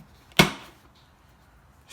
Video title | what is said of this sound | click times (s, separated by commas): Unboxing Pirate Ship Animatronic Halloween 2019! Home Depot Animated Prop! | you're putting the pins in through the back go ahead put the pins through snap | 0.4 s